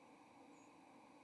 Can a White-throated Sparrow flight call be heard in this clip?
no